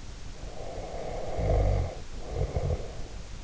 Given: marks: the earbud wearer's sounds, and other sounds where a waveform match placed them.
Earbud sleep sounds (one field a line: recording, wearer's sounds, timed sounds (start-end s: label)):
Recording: sounds in sleep by an in-ear microphone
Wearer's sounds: snoring breath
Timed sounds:
0.48-3.38 s: snoring breath